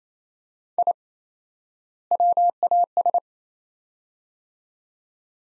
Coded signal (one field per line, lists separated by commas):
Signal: Morse code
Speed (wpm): 28 wpm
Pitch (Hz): 700 Hz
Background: none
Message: I WAS